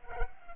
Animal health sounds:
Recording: mosquito wingbeat signal from an infrared sensor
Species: Culex pipiens

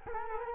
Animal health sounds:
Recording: mosquito wingbeat signal from an infrared sensor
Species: Culex quinquefasciatus

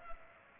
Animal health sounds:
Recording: mosquito wingbeat signal from an infrared sensor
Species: Culex pipiens

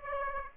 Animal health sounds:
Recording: mosquito wingbeat signal from an infrared sensor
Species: Aedes aegypti

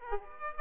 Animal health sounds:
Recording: mosquito wingbeat signal from an infrared sensor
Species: Aedes aegypti

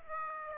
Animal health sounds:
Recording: mosquito wingbeat signal from an infrared sensor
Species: Aedes aegypti

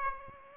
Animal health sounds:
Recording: mosquito wingbeat signal from an infrared sensor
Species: Aedes aegypti

